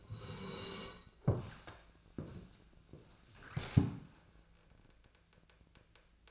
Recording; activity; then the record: daily activity, microphone in the room; sit down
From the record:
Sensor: 2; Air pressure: 1000.4 hPa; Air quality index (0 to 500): 158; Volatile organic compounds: 3 ppm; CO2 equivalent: 1317 ppm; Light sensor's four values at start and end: 9/20/9/10 and 9/21/9/9